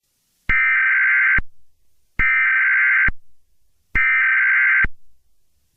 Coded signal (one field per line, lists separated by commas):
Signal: Emergency Alert System (SAME) tones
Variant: header bursts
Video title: EAS Scenario - Rye-Rye99 & Ajmarkle